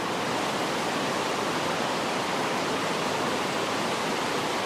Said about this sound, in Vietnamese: Mưa lớn quá mình nghe không có rõ thôi.